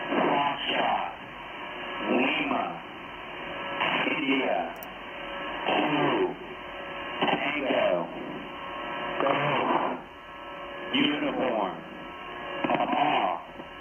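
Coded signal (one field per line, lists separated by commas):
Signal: coded military voice message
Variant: Emergency Action Message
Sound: evenly spaced spoken syllables or letters over hissy shortwave radio, about eight utterances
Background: radio static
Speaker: I say again so that was an emergency action message that's a nuclear attack option they're broadcasted by the Pentagon on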